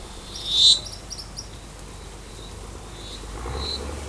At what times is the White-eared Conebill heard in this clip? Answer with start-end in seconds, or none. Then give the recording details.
0.29-1.49. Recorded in forest near Pivijay, Magdalena, Colombia, on 16 April 2023 at 13:30. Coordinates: 10.467, -74.380. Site Z5-G034